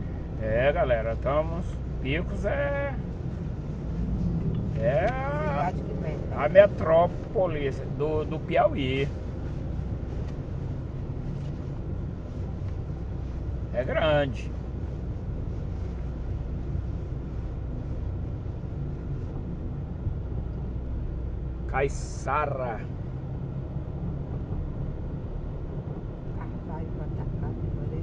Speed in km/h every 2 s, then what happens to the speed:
37, 37, 38, 38, 37, 38, 36, 36, 37, 37, 36, 41, 45, 44.
0-20 steady at about 37. 20-23 speeds up to 45.